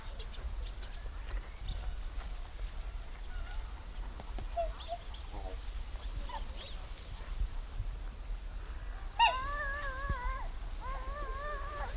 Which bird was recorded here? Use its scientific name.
Cygnus atratus